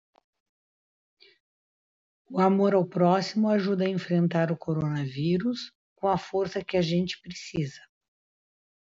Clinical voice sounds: spoken sentence; Brazilian Portuguese; female; 50 to 59 years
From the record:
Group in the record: control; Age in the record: 59 years

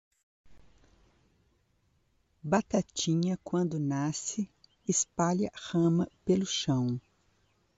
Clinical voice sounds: short text; Brazilian Portuguese; female; 50 to 59 years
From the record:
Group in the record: control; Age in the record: 59 years

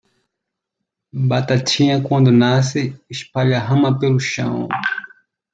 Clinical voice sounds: short text; Brazilian Portuguese; male; 40 to 49 years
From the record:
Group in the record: control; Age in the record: 41 years

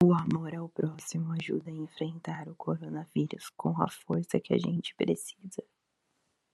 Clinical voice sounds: spoken sentence; Brazilian Portuguese; female; 20 to 29 years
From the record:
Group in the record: control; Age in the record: 26 years

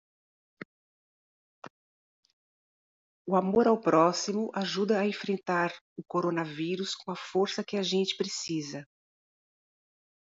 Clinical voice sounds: spoken sentence; Brazilian Portuguese; female; 50 to 59 years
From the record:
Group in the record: control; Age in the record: 59 years

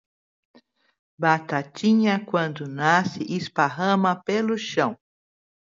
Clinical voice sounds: short text; Brazilian Portuguese; female; 60 to 69 years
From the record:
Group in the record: control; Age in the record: 63 years

